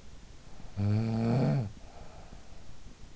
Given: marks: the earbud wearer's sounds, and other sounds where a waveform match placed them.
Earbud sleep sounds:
sounds in sleep by an in-ear microphone; snoring breath
0.26-3.12 s: snoring breath

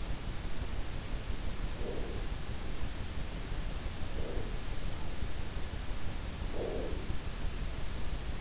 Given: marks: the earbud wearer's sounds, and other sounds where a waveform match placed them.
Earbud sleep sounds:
sounds in sleep by an in-ear microphone; breath
1.57-2.75 s: breath
3.72-4.85 s: breath
6.26-7.54 s: breath

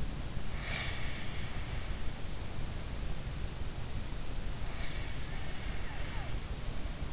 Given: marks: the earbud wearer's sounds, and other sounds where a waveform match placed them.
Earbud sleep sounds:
sounds in sleep by an in-ear microphone; snoring breath
0.55-1.79 s: snoring breath
4.66-7.13 s: snoring breath

